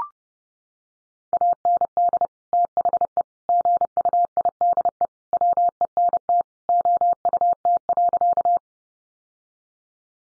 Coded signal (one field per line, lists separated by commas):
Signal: Morse code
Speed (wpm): 30 wpm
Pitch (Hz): 700 Hz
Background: none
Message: AND THE GUIDE WENT OUT.